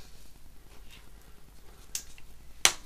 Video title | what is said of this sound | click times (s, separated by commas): M50B30 ITB CAM - Part 4 - Carter, Chaines, Pompe à Huile, Joints Spy (Timing cover, Chain, Oil Pump) | Ça, par contre, c'est juste clipsé. Voilà. | 2.6 s